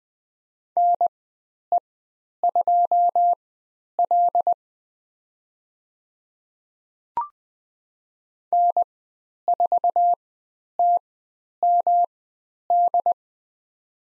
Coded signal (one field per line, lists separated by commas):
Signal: Morse code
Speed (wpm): 20 wpm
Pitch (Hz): 700 Hz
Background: none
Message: NE2L N4TMD